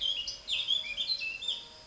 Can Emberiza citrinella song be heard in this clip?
no